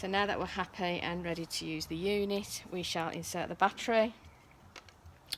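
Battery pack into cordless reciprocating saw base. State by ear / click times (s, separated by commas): seated / 5.3 s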